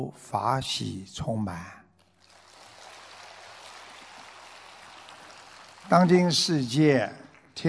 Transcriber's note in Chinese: 掌声